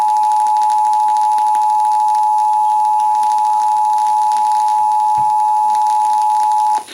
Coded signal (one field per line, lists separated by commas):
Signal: Emergency Alert System (SAME) tones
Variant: 853 and 960 Hz attention tone